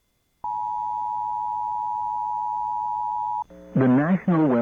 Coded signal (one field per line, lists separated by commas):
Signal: Emergency Alert System (SAME) tones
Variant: 853 and 960 Hz attention tone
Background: speech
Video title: EAS 1628: NWS Lubbock CONFIRMED Tornado Warning